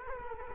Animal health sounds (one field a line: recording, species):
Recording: mosquito wingbeat signal from an infrared sensor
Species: Culex quinquefasciatus